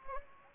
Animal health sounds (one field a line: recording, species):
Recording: mosquito wingbeat signal from an infrared sensor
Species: Anopheles gambiae